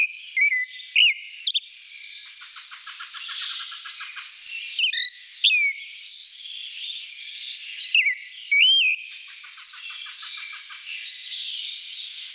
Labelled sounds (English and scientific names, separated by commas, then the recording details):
Clay-colored Thrush (Turdus grayi) song
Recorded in the wild
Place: La Pacifica, San José, Umgebung Hotel, CR
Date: 1992-04-13
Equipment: Dat-Recorder Casio DA 7, Telinga DAT, Telinga-Parabolspiegel
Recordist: Schwarz, Dieter